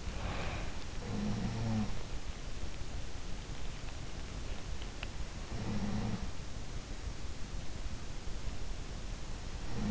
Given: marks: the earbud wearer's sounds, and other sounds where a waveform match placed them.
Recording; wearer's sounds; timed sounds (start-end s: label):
sounds in sleep by an in-ear microphone; breath
0.00-0.84 s: breath
0.79-2.30 s: sound from someone else or the room
5.21-6.57 s: sound from someone else or the room